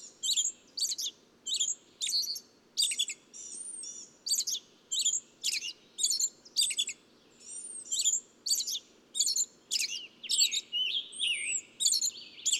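Bird song: quick, sharp chirps almost nonstop, with occasional high arching whistles mixed in and a low noisy background.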